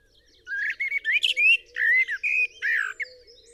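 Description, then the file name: Eurasian blackbird song phrase of smooth, slurred whistles rising and falling, many notes strung together, finishing with a thin squeaky flourish. "Turdus merula"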